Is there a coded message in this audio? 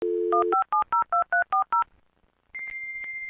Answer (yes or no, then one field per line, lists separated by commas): yes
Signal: DTMF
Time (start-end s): 0.3-1.8 s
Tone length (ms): 120 ms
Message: 15702340